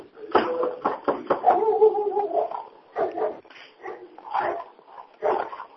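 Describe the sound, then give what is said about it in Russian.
A dog barks in a string of sharp, uneven bursts, breaking into a drawn-out, high whining yelp partway through before a few more scattered barks. “Там собачка, да?”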